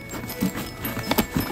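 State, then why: Not seated. A small folding holding arm on the car seat frame of a pet stroller is being folded down by hand to hold the seat in place, with music playing over it. A few short, light taps are heard, the sharpest at about 1.1 s. Nothing has seated or clicked into place yet.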